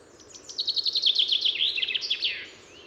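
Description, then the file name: Common chaffinch song: a rattling series of sharp notes dropping in pitch, finishing with an emphatic terminal flourish, heard once. "Fringilla coelebs"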